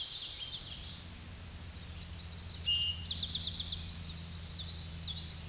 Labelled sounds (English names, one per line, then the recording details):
Eastern Towhee song
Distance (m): 25 m
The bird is about 5 m above the microphone
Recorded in a Pennsylvania forest on 16 May 2024 at 08:08
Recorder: AudioMoth, point MSD-2494
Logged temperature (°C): 15.6 °C
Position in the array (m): 182 m, 193 m